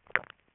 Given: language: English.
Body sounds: throat vibration sensor signal played as sound; swallow

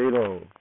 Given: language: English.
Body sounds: throat vibration sensor signal played as sound; speech

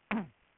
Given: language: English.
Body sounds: throat vibration sensor signal played as sound; throat clearing

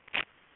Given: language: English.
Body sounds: throat vibration sensor signal played as sound; swallow

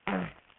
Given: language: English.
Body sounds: throat vibration sensor signal played as sound; throat clearing

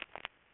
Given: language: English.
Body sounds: throat vibration sensor signal played as sound; swallow

